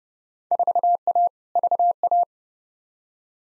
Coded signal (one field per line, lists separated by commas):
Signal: Morse code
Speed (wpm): 30 wpm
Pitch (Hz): 700 Hz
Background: none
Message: 4A VA